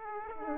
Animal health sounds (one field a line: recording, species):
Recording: mosquito wingbeat signal from an infrared sensor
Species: Aedes aegypti